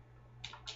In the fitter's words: and this just snaps right in there and locks the lid.